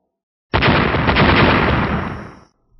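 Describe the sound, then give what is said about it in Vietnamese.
A loud explosive boom bursts in suddenly and rolls on as a dense, crackling roar for about two seconds before cutting off, with no voices present. “Từng tiếng nổ lớn không ngừng vang lên khủng khiếp.”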